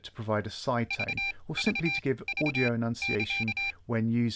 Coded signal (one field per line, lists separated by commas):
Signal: Morse code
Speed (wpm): 27 wpm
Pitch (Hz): 2400 Hz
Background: speech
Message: V V V <KA>